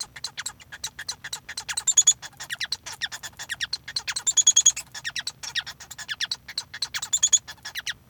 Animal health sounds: song of a male Bengalese finch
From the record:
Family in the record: son of father 1

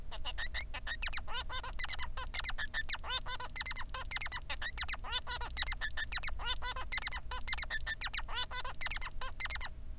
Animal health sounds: song of a male Bengalese finch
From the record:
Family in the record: son of father 3

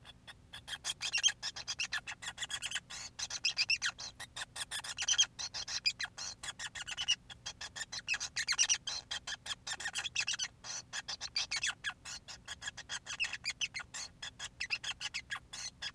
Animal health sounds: song of a male Bengalese finch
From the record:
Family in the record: son of father 5

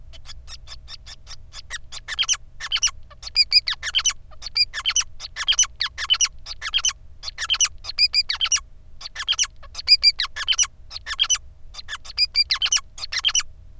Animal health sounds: song of a male Bengalese finch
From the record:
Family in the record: son of father 5

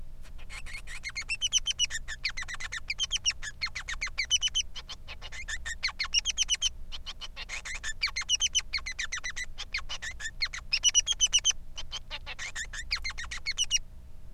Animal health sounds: song of a male Bengalese finch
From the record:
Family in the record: son of father 3

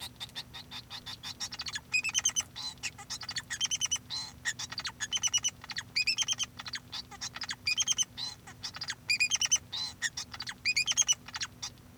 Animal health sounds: song of a male Bengalese finch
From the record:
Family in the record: son of father 2

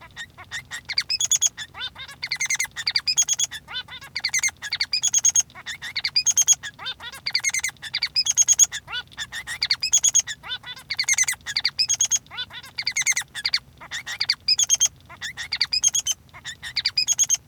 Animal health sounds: song of a male Bengalese finch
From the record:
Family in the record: son of father 3

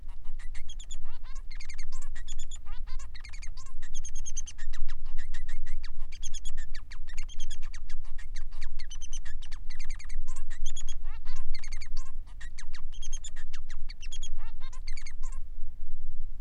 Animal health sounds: song of a male Bengalese finch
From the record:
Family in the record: son of father 3

